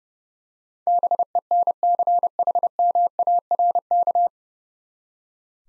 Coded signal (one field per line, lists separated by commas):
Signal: Morse code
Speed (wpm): 32 wpm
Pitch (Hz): 700 Hz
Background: none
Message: BENCHMARK